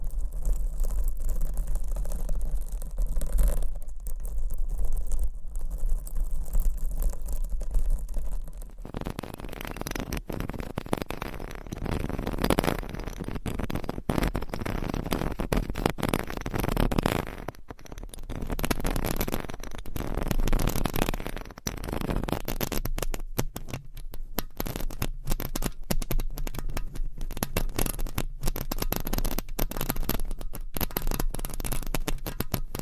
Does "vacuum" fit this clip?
no